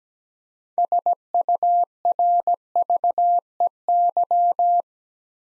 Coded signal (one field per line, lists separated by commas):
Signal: Morse code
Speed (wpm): 17 wpm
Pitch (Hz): 700 Hz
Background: none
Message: SURVEY